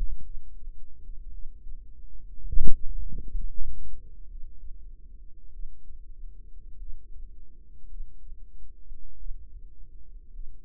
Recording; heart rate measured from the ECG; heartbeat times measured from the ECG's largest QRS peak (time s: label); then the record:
heart sounds by microphone in the right ear; 54 bpm
0.23 s: heartbeat
1.31 s: heartbeat
2.50 s: heartbeat
3.47 s: heartbeat
4.28 s: heartbeat
5.52 s: heartbeat
6.78 s: heartbeat
7.89 s: heartbeat
9.18 s: heartbeat
10.32 s: heartbeat
From the record:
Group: healthy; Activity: rest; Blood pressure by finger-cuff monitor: 110/64 mmHg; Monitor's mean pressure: 80 mmHg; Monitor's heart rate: 50 bpm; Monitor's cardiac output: 5.1 L/min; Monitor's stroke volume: 97 mL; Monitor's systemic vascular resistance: 1150 dyn s/cm5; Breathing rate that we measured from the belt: 19 breaths a minute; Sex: female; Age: 28 years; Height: 170 cm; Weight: 77 kg